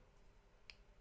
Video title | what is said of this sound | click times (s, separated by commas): HUBSAN ZINO 2 - NO FPV FIX- GREEN & YELLOW FLASHING LIGHTS | Snapped in place nicely. | 0.7 s